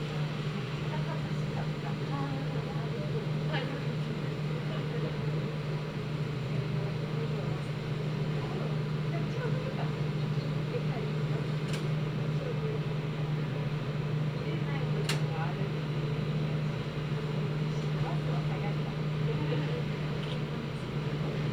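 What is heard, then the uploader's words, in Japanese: A Meitetsu Gamagori Line train rides with a steady low drone and rumble, faint voices murmuring, and occasional brief clicks and squeaks. 名古屋鉄道 蒲郡線 蒲郡→吉良吉田。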